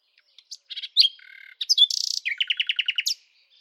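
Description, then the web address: Bird singing a varied phrase: scattered chirps, a buzz, a dense rattle, then a steady string of repeated descending notes. "Deverinetal 2025 File origin Bird Only"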